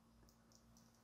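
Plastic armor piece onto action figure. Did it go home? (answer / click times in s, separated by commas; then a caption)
no / none. A small plastic armor or mask piece is fitted onto an MST Myth Cloth Ophiuchus Shaina collectible action figure, producing faint plastic contact ticks around 0.6 s and 0.8 s over a low steady hum. The piece has no locking fit and just rests in place without engaging at the top, so nothing has seated or clicked.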